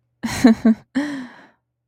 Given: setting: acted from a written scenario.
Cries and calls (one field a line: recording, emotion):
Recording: vocal sound without words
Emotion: contempt